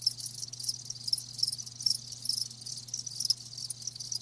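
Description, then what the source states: Crickets give a continuous high-pitched chirping chorus, pulses blending into a shimmering trill, with a soft low hum beneath. Live crickets chirping with a lulling song.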